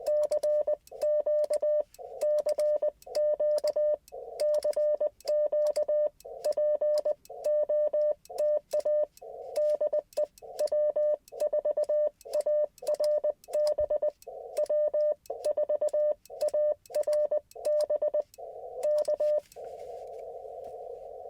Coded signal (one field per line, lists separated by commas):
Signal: Morse code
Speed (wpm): 20 wpm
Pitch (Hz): 600 Hz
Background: radio noise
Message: CQ CQ CQ POTA DE W4ARB W4ARB K